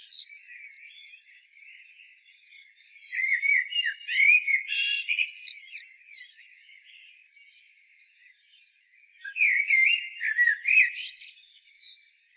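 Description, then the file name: Common blackbird song with two loud phrases: mellow whistled notes rising into a shrill, rapid twitter, and soft chattering in the background between phrases. "Turdus merula"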